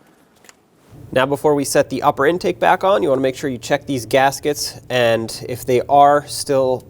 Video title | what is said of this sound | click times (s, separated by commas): How to Replace Valve Cover 2008-2020 Dodge Grand Caravan | plug this in make sure it clicks | 0.5 s